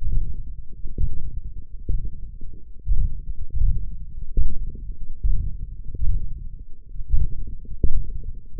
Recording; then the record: forearm muscle sounds (acoustic myography)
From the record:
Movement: ulnar deviation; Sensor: system 1, eight BSWA MPA416 microphones around the upper forearm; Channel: 3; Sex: male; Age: 21 years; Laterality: right